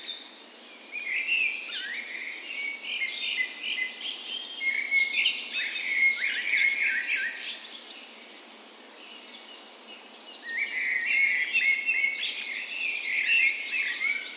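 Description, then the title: Birds singing a dawn chorus, a dense layer of overlapping whistles, twitters and trills, briefly thinning in the middle before swelling again with rapid high phrases. Dawn chorus recorded the morning of 17 May, Norway's National Day, in a park west in Bergen, Norway, in full spring; Sony PCM A10 recorder with LOM Usi microphones as tree ears. "17th Of May Dawn Chorus"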